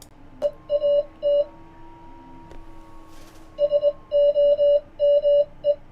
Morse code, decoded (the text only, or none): EAT SOME